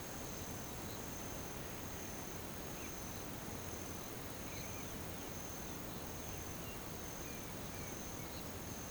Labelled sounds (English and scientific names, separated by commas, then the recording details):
none
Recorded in pastures near Puerto Asís, Putumayo, Colombia, on 21 March 2025 at 07:00
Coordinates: 0.486, -76.323
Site G075